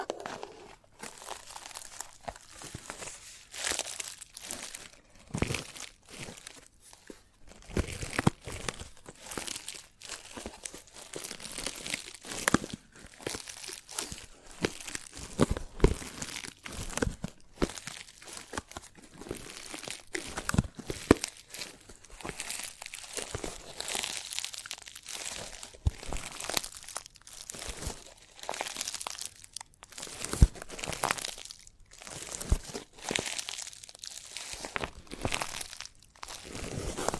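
Chalk taps, scratches and scrapes in a dense, irregular stream of short bright strokes with hardly any pause. Dry, crinkly bursts come several times a second, some sharper and louder, with brief gaps near the five, seven and thirty-second marks.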